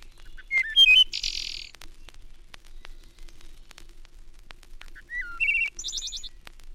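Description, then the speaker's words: Wood Thrush song in two phrases, each beginning with low fluty notes and ending in a high, shimmering buzzy trill, several seconds of crackly quiet between them. Wood thrush delivering its shorter song phrases; range given as Canada to Florida. "The wood thrush delivers its shorter phrases from Canada to Florida."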